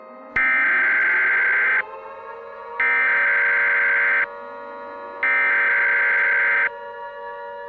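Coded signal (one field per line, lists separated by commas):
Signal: Emergency Alert System (SAME) tones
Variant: header bursts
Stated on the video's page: Fictional EAS scenario.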